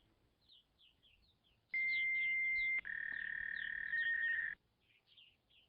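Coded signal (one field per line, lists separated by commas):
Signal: dial-up modem handshake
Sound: one-second pure high tone, a click, then about two seconds of buzzy warbling data tone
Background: bird chirps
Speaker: I will play the dial-up sound again. Don't make me do it.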